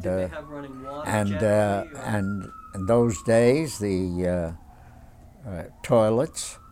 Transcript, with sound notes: Did they have running water? ( sirens are heard )
And in those days the toilets